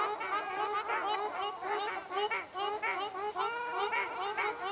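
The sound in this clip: Ruddy shelduck honking calls: a dense, continuous chorus of overlapping nasal honks from several birds, with no pause throughout.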